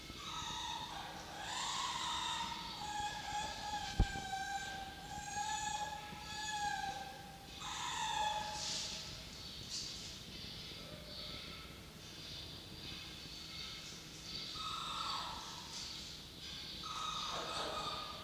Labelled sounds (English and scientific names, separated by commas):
Red Fox (Vulpes vulpes)